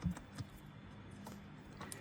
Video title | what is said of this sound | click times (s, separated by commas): Crankshaft Position Sensor Replacement - Step-by-Step Guide (Kia/Hyundai) | Slide it in until it clicks. כן. | 1.9 s